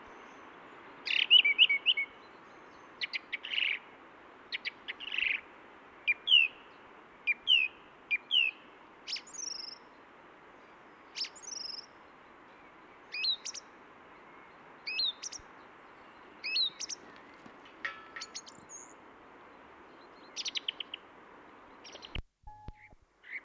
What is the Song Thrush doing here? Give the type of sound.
song